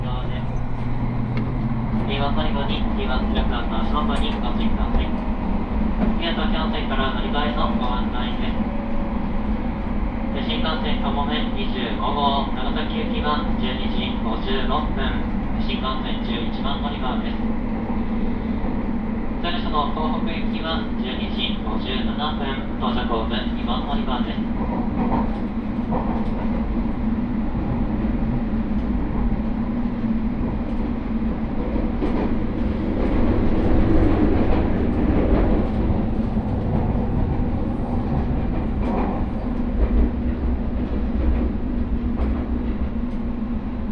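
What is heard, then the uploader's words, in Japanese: Riding the limited express Huis Ten Bosch train toward Takeo Onsen, a steady low rumble and hum of the moving train runs throughout. Voices and announcements come and go over the first twenty-five seconds, and the rolling noise swells briefly around thirty-four seconds. 大村線・佐世保線特急ハウステンボス26号 ハウステンボス→武雄温泉。ハウステンボスから特急ハウステンボス号で武雄温泉に向かいます。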